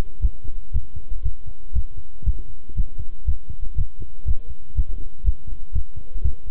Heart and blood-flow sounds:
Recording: heart sounds by stethoscope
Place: between the tricuspid and mitral areas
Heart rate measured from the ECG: 120 bpm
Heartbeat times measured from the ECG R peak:
0.22 s: heartbeat
0.74 s: heartbeat
1.25 s: heartbeat
1.75 s: heartbeat
2.26 s: heartbeat
2.77 s: heartbeat
3.27 s: heartbeat
3.77 s: heartbeat
4.27 s: heartbeat
4.76 s: heartbeat
5.26 s: heartbeat
5.74 s: heartbeat
6.24 s: heartbeat
From the record:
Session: walking at 3.7 km/h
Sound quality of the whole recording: good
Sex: male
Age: 25 years

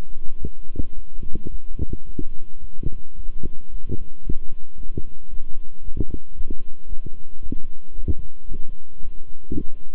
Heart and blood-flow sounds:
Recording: heart sounds by stethoscope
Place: between the tricuspid and mitral areas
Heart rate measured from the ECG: 111 bpm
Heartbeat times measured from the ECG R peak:
0.38 s: heartbeat
0.94 s: heartbeat
1.49 s: heartbeat
2.05 s: heartbeat
2.59 s: heartbeat
3.15 s: heartbeat
3.69 s: heartbeat
4.23 s: heartbeat
4.76 s: heartbeat
5.29 s: heartbeat
5.82 s: heartbeat
6.35 s: heartbeat
6.87 s: heartbeat
7.41 s: heartbeat
7.94 s: heartbeat
8.47 s: heartbeat
9.01 s: heartbeat
9.55 s: heartbeat
From the record:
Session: walking at 3.7 km/h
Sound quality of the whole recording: good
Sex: male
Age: 26 years

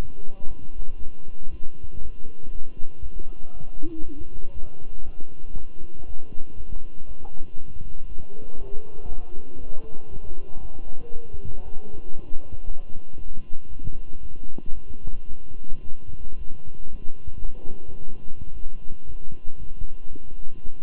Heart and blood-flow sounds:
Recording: heart sounds by stethoscope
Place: between the tricuspid and mitral areas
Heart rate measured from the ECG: 116 bpm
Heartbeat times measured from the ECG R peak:
0.47 s: heartbeat
0.98 s: heartbeat
1.50 s: heartbeat
2.01 s: heartbeat
2.51 s: heartbeat
3.02 s: heartbeat
3.53 s: heartbeat
4.04 s: heartbeat
4.54 s: heartbeat
5.05 s: heartbeat
5.55 s: heartbeat
6.06 s: heartbeat
6.56 s: heartbeat
7.07 s: heartbeat
7.57 s: heartbeat
8.08 s: heartbeat
8.57 s: heartbeat
9.08 s: heartbeat
9.59 s: heartbeat
10.10 s: heartbeat
10.61 s: heartbeat
11.12 s: heartbeat
11.64 s: heartbeat
12.15 s: heartbeat
12.66 s: heartbeat
13.17 s: heartbeat
13.69 s: heartbeat
14.21 s: heartbeat
14.73 s: heartbeat
15.27 s: heartbeat
15.82 s: heartbeat
16.37 s: heartbeat
16.91 s: heartbeat
17.45 s: heartbeat
17.99 s: heartbeat
18.53 s: heartbeat
19.05 s: heartbeat
19.58 s: heartbeat
20.11 s: heartbeat
20.63 s: heartbeat
From the record:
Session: walking at 3.7 km/h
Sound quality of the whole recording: good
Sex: male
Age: 23 years

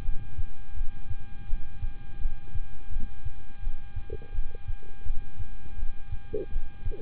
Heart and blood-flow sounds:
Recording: heart sounds by stethoscope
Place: between the tricuspid and mitral areas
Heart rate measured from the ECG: 83 bpm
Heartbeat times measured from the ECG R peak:
0.02 s: heartbeat
0.74 s: heartbeat
1.46 s: heartbeat
2.19 s: heartbeat
2.89 s: heartbeat
3.60 s: heartbeat
4.32 s: heartbeat
5.04 s: heartbeat
5.76 s: heartbeat
6.50 s: heartbeat
From the record:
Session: rest, lying down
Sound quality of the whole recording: good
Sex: male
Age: 26 years

